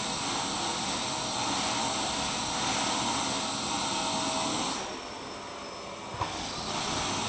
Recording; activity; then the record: daily activity, microphone in the room; vacuum cleaning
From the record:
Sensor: 1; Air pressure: 1010.2 hPa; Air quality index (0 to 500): 173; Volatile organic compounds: 13 ppm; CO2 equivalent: 2381 ppm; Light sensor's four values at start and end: 50/131/54/68 and 49/127/52/66